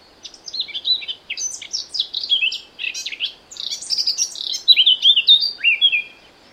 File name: Sylvia atricapilla